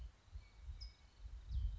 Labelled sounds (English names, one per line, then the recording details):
California Towhee
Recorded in Sonoma County, California